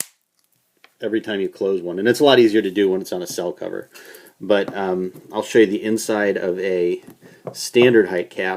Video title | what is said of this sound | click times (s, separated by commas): Water Miser Caps | you know they'll spit out electrolyte so you want to make sure that you hear the snap | 0.0 s